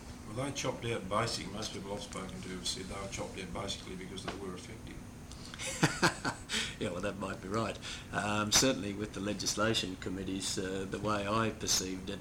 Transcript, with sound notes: Well they were chopped out basic — most people I’ve spoken to have said they were chopped out basically because they were effective.
[laughs] well that might be right — certainly with the Legislation committees, the way I perceived it,